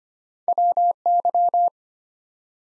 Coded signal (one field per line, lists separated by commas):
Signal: Morse code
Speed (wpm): 25 wpm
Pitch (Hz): 700 Hz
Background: none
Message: W Y